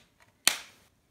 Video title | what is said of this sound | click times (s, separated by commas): Bubbles & Fizz Pinwheels | that snap excellent push | 0.5 s